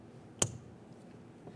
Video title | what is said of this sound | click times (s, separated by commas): How to Replace Rear Power Window Motor & Regulator Assemblies 2006-2012 Ford Fusion | Press it in, listen for a click. | 0.4 s